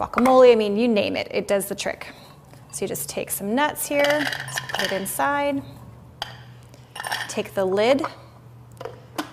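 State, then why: Seated. Someone talks while preparing a manual pull-cord vegetable and nut chopper with some nuts, and a few short knocks and clinks sound as the parts are handled. The chopper's plastic lid is placed on the chopping bowl and locks into place with a click at 9.2 s.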